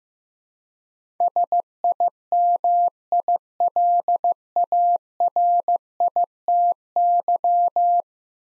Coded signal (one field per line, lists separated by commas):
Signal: Morse code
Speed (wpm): 15 wpm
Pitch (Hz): 700 Hz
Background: none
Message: SIMILARITY